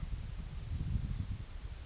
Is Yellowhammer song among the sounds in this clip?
no